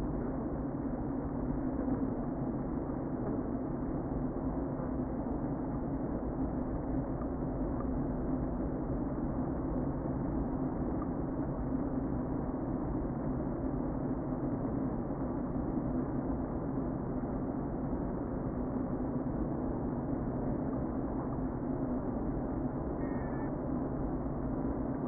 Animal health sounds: honeybee colony, microphone inside the hive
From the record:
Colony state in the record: queen present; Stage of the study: before two queens were removed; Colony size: about 60,000 bees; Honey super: yes

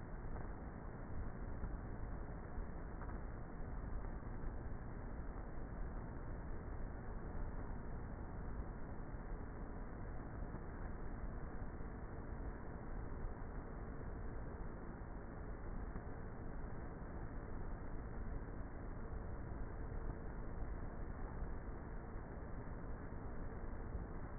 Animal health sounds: honeybee colony, microphone inside the hive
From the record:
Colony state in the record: queenless with a low population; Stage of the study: before two queens were removed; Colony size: about 30,000 bees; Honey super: no

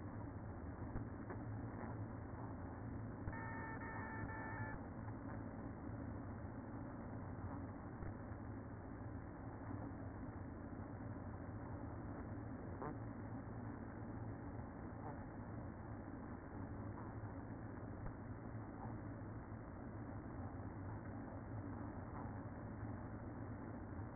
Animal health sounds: honeybee colony, microphone inside the hive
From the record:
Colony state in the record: queen present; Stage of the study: after two queens were removed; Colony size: about 60,000 bees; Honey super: yes

